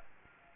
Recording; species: mosquito wingbeat signal from an infrared sensor; Aedes aegypti